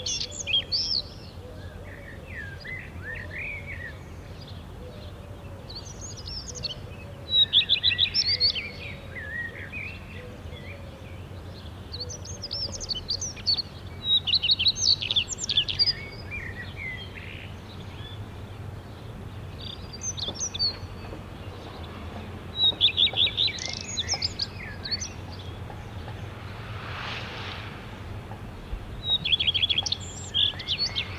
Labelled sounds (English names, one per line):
Common Redstart song